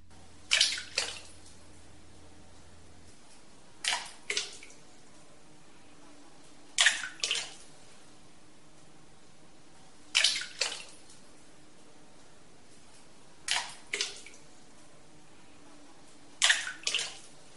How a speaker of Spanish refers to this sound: Primero vamos a escuchar una gota que va llenando poquito a poquito lo que llamamos un gurs, o sea, una especie de volcancito que se llena de agua y que inmediatamente va seguido del fragor del propio río de Fuentemolinos.